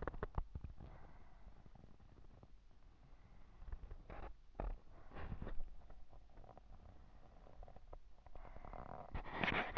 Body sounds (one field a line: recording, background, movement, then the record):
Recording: deep breathing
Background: quiet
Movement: sitting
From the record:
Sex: female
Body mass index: 22.6 kg/m2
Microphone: on the chest, facing the body